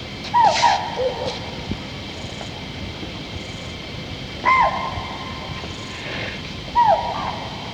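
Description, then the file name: Chital alarm calls: sharp, high squealing barks with a quick bend in pitch, given three times at irregular intervals over a steady hum. Alarm call recorded in Dudhwa National Park. "Dudhwa NPchital alarm call"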